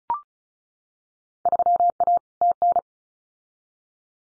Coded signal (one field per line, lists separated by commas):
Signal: Morse code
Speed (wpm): 36 wpm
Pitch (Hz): 700 Hz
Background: none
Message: 3A TN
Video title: Field Day Exchange 35wpm